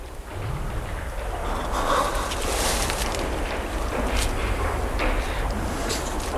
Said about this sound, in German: Psst! Da ist wieder ein Boot.